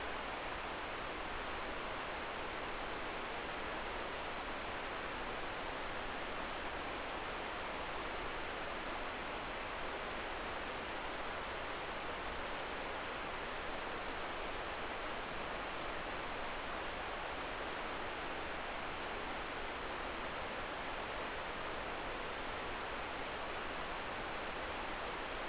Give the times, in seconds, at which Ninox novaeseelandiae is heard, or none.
none